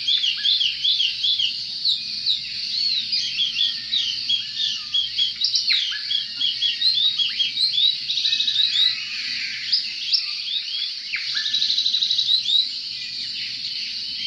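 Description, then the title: Oriental magpie-robin song, dense and continuous, packed with rapid high chirps, slurred whistles and twittering phrases that barely pause across the whole stretch. "Kicau Kacer"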